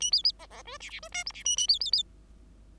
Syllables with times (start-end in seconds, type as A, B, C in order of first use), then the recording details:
0.00-0.11 A, 0.12-0.22 B, 0.23-0.32 B, 0.39-0.46 C, 0.50-0.62 C, 0.65-0.78 D, 0.80-0.89 E, 0.89-1.00 E, 1.02-1.08 D, 1.12-1.24 F, 1.26-1.32 G, 1.33-1.43 E, 1.45-1.56 A, 1.57-1.67 A, 1.68-1.79 B, 1.80-1.91 B, 1.92-2.03 B. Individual Bird5